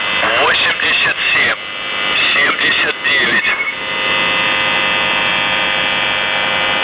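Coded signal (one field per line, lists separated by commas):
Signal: channel marker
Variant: UVB-76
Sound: a short spoken voice message over radio, then a continuous droning buzz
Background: radio static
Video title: The Buzzer/UVB-76(4625Khz) May 18th, 2023 Voice messages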